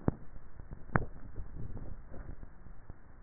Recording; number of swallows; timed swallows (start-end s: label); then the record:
swallowing sounds by neck microphone; 1
1.52-2.28 s: swallow
From the record:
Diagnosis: dysphagia